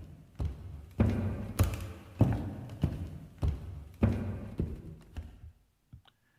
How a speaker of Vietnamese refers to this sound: Lão đi khắp cả căn nhà. Tiếng bước chân của lão cứ lộp cộp vang lên, nghe cứ như là tiếng tử thần đang đòi mạng của ba anh em.